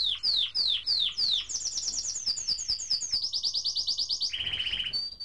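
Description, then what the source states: Domestic Canary song: fast rolling trills of repeated downslurred notes, switching between tours of different speeds and pitches, continuous throughout. Song of a normally developed canary, for comparison with an untutored bird.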